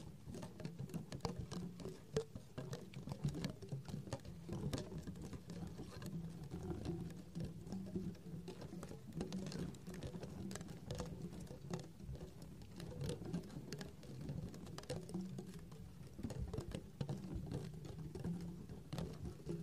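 A beaded string clicks and clacks in a dense, continuous patter of small rapid taps, steady throughout.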